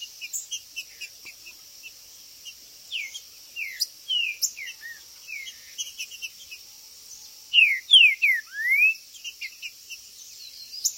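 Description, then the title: Green-winged saltator song: busy chips and short whistles, then a loud phrase of falling slurs with a rising finish, over a shrill insect background. Trinca-ferro chirping, singing and macheando (territorial male calling) in a contest; video intended to stir up and provoke a listening trinca-ferro. "Esse É PERFEITO Para ESQUENTAR Seu TRINCA Piando, Cantando E Macheando Na DISPUTA. O MELHOR VÍDEO de TRINCA FERRO que VOCÊ VERÁ em 2025! Cantando e MACHEANDO!!"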